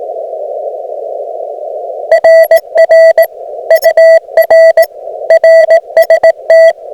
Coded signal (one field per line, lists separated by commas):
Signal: Morse code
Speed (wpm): 19 wpm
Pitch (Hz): 650 Hz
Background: radio noise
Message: RR UR RST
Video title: Cursed CW POTA Activation at Waveland State Historic Site using FT-891, ZM-2 and EFRW